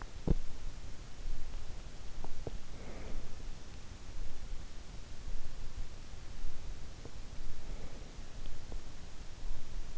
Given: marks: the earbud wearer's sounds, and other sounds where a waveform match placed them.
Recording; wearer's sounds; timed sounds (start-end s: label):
sounds in sleep by an in-ear microphone; teeth grinding, breath
0.00-0.71 s: teeth grinding
1.96-2.62 s: teeth grinding
2.71-3.54 s: breath
7.44-8.31 s: breath